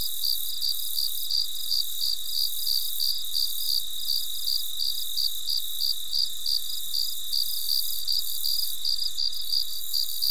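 Cricket chirps repeating rhythmically about three times a second.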